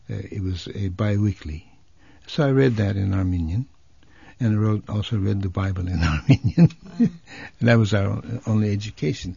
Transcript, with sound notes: It was bi-weekly. So I read that in Armenian, and I also read the Bible in Armenian, ( he laughs ) and that was our only education.